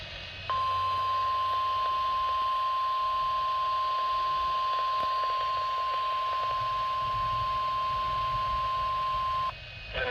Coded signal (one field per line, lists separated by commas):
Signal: Emergency Alert System (SAME) tones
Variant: 1050 Hz attention tone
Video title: MARGINAL MEYHEM... EAS Alerts from 7/8/21 (EAS #370-384)